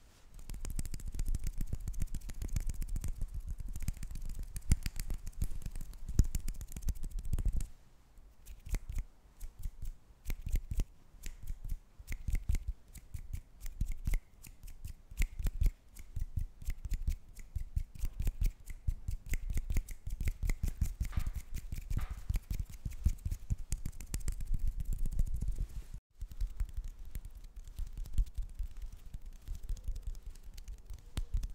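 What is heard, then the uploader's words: Hands rub, tap and shuffle in dense, irregular bursts of dry rustling clicks, denser and louder at first, thinning after about eight seconds. ASMR Just Hand Sounds.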